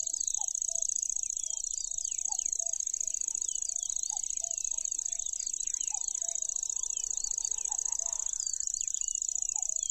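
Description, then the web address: Lanceolated warbler reeling song, a continuous high insect-like trill throughout, with busy chirping of other birds and low repeated two-note calls below. "makinosennyu"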